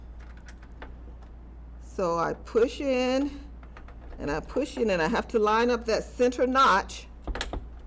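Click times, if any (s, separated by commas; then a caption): 7.4 s. A DDR4 memory stick is lined up by its off-center notch and pushed down into a desktop motherboard RAM slot while someone talks. The retention clips snap shut with a sharp click at 7.4 s, and the stick is seated.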